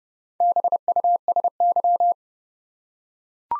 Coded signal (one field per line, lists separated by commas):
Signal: Morse code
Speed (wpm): 30 wpm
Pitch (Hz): 700 Hz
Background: none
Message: BUSY